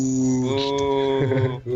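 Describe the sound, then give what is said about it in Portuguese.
A loud, sustained low booing at the first pick of a draft drones for nearly two seconds, wavering slightly in pitch, dipping briefly near the end and then swelling again. “Primeira escolha, vai ser vaiado em todas, cara, vai ser impressionante isso todo ano.”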